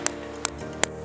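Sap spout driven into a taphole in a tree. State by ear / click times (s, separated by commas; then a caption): not seated / none. A sap spout is hammered into a freshly drilled taphole in a maple tree, with three sharp, evenly spaced blows at about 0.1, 0.5 and 0.8 seconds over a steady tonal hum. The spout has not seated yet.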